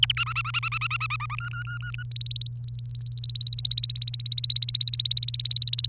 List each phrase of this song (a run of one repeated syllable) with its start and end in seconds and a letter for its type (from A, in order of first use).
0.03-0.12 A, 0.17-1.35 B, 1.38-2.04 C, 2.11-5.88 D